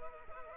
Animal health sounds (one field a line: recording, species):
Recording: mosquito wingbeat signal from an infrared sensor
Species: Culex pipiens